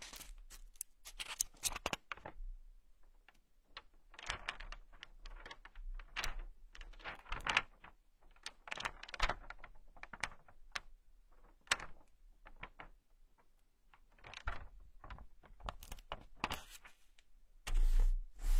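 Pages of a book are turned and handled, giving crisp paper rustles and flicks that come in irregular clusters with short quiet gaps. A louder, longer rustle closes the clip near the end, over a faint low hum.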